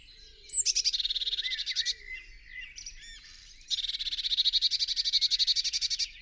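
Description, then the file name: Eurasian blue tit giving rapid, buzzy churring calls in two bursts, a short one then a longer one, with a few high chirps between them. "Cyanistes caeruleus"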